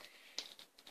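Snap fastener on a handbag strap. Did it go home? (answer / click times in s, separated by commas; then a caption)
yes / 0.4 s. A snap fastener on a new handbag strap is closed so the strap stays short rather than extended. A sharp, small click sounds at 0.4 s as the snap seats into place, with a few fainter ticks around it. The snap is fastened.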